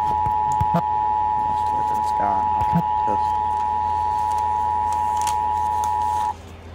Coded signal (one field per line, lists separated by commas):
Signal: Emergency Alert System (SAME) tones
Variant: 853 and 960 Hz attention tone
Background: speech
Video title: EAS Compilation: Flooding Fun & Sage Debut (2/17/23) EAS 1605-1622